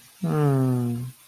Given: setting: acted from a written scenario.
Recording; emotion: vocal sound without words; contentment